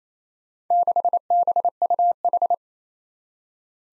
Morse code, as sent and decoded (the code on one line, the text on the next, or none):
-.... -... ..- ....
6BUH